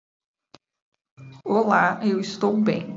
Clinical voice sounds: spoken sentence; Brazilian Portuguese; female; 50 to 59 years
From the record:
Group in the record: control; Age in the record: 53 years

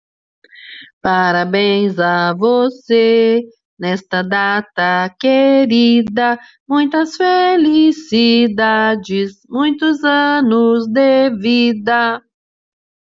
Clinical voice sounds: short text; Brazilian Portuguese; female; 40 to 49 years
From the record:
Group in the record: control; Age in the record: 49 years

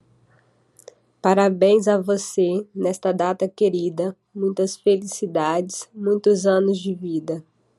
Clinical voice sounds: short text; Brazilian Portuguese; female; 20 to 29 years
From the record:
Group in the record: control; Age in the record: 29 years

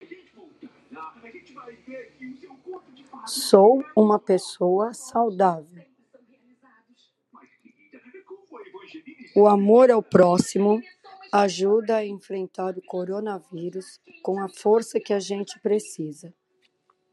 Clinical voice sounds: spoken sentence; Brazilian Portuguese; female; 60 to 69 years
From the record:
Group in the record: control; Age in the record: 63 years

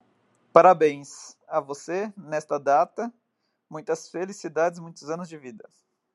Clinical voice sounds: short text; Brazilian Portuguese; male; 30 to 39 years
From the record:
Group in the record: control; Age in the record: 34 years

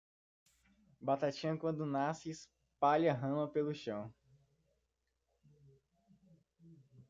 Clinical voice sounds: short text; Brazilian Portuguese; female; 40 to 49 years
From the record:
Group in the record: control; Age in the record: 44 years

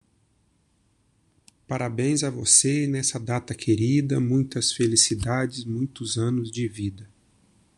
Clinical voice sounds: short text; Brazilian Portuguese; male; 30 to 39 years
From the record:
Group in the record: control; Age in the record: 39 years

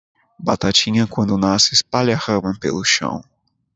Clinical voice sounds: short text; Brazilian Portuguese; male; 20 to 29 years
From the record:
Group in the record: control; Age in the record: 24 years

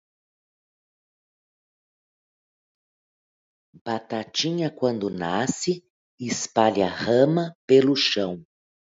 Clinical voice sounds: short text; Brazilian Portuguese; female; 50 to 59 years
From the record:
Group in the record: control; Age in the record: 54 years

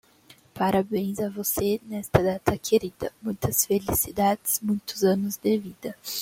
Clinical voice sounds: short text; Brazilian Portuguese; female; 20 to 29 years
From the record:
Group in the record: control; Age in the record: 20 years

